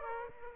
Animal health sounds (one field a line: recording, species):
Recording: mosquito wingbeat signal from an infrared sensor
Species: Aedes aegypti